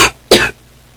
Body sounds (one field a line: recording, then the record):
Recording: coughing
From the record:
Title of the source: 61 morning phlegmy cough...again